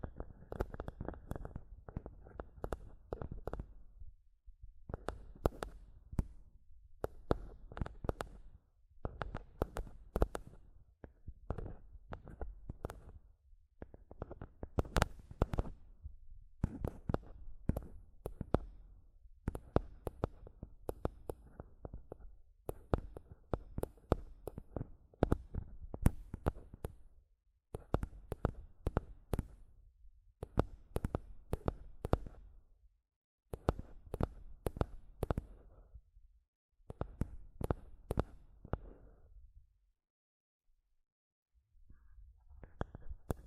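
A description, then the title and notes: Tapping and scratching on a microphone come in dense bursts of a few seconds each, separated by short silent gaps. The sounds are mostly deep, thumping knocks with sharp, bright clicks on top. Near the end there is a longer pause before the tapping resumes. ASMR Mic Tapping and Scratching (No Talking).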